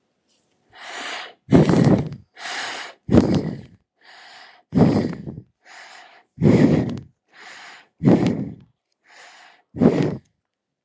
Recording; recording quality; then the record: shallow breathing; excellent, no background noise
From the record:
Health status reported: healthy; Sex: male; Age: 38 years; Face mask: not worn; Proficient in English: yes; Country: India